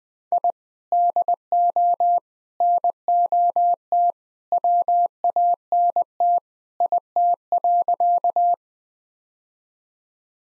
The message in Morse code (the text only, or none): I DO NOT WANT IT.